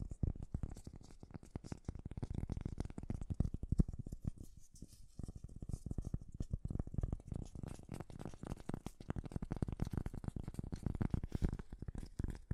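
Fast, dense tapping runs almost without pause, thudding low with crisp clicks on top, easing briefly around the five-second mark before resuming.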